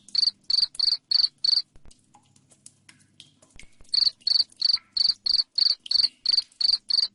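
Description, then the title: Cricket chirps in a shrill, regular series, five pulses, a pause of about two seconds, then a longer even run to the end. Loud cricket chirping played to make lovebirds sing continuously. "Suara JANGKRIK NGERIK Keras Bikin LOVEBIRD Jadi NGEKEK Terus Vubey"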